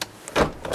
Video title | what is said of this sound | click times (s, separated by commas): Honda Odyssey 2nd Row Seat Recline Walk-in Cable Mechanism Repair 3rd Generation 2005 - 2010 | and the seat folds down and locks into place | 0.0 s